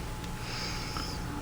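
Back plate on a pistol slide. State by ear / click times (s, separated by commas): not seated / none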